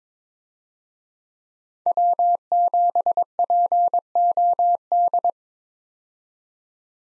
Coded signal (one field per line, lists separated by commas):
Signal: Morse code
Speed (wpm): 21 wpm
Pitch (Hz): 700 Hz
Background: none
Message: W7POD